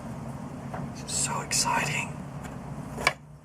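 A screw is being put back into a threaded hole in a vehicle part and turned backwards (counter-clockwise) with a screwdriver so it won't cross-thread. Someone talks, and at 3.1 s a sharp click is heard as the screw thread drops into the start of the mating thread. The thread is seated and lined up.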